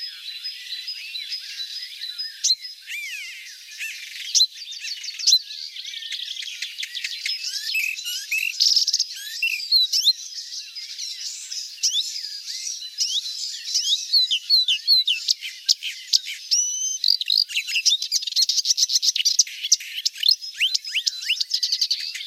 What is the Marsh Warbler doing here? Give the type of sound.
song